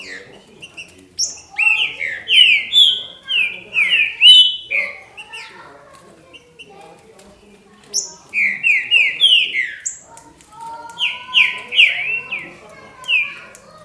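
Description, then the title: Green-winged saltator singing three bursts of clear, downslurred whistled notes, each a run of several quick phrases, separated by quieter pauses. "Trinca Ferro"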